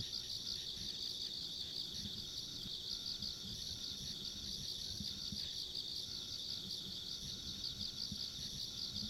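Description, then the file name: Insects trilling in a steady, dense high-pitched chorus, with fainter higher pulsing tones above and a low rumbling background throughout. Ambient insect sounds along a rural country road. "田舎道の虫の環境音"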